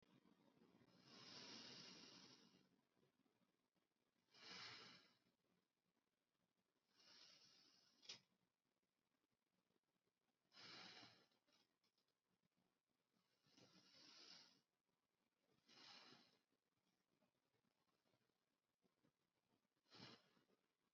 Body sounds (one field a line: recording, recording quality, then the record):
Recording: deep breathing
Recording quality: excellent, no background noise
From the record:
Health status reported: healthy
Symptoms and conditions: none ticked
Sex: male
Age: 20 years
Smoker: not ticked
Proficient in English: yes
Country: India